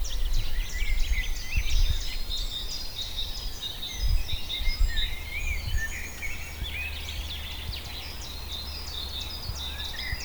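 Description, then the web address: Birds chirping and twittering busily, with low rumbling noise louder in the first half. Recorded in Auquainville, France, during a holiday in 2001. "Holiday 2001 in France Auquainville - more birds"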